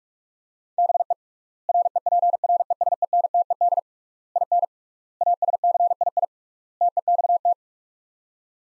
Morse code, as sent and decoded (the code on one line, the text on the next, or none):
-... . / .-. . .--. .-. . ... . -. - . -.. / .. -. / .- ... -.-. .. .. / - . -..- -
BE REPRESENTED IN ASCII TEXT